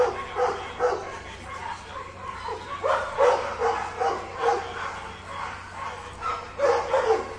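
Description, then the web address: Several dogs barking together, irregular volleys of loud barks and yips that rise and fall, overlapping throughout. "multiple barking dogs"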